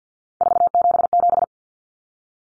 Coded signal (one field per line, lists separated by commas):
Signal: Morse code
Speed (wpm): 50 wpm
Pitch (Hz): 700 Hz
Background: none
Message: 477